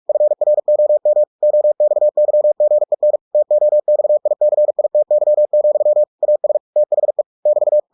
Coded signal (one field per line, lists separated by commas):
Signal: Morse code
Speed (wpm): 46 wpm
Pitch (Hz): 600 Hz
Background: none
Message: FROM OXYGEN TOXICITY, AS THE <BT>